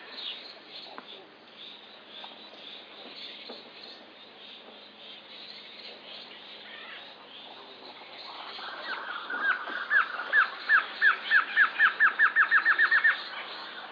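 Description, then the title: Glossy antshrike song starts late, whistled notes quickening into a fast bouncing series, after several seconds of faint background sound. Subspecies araguayae, assumed from location. "LuckyPassaro Completos2Sama. Glossy Antshrike (Sakesphorus luctuosus araguayae (ssp assumed from location))"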